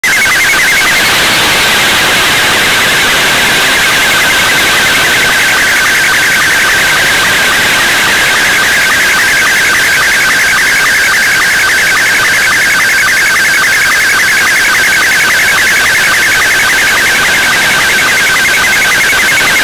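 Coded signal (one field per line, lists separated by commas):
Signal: SSTV (slow-scan television)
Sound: continuous warbling, chirping tone with rapid regular ticks, steady throughout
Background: radio static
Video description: Here is the latest Radio Northern Ireland SSTV image received with my Icom IC-R9500 on 15770Khz shortwave at approx. 21:25 UTC on July 30 2016.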